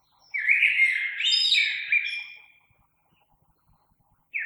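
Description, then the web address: Common blackbird song: one mellow warbled phrase with a high squeaky flourish in its middle, followed by silence and the start of the next phrase. Recorded on 3 March 2020. "oiseaux Merle 2020 03 03"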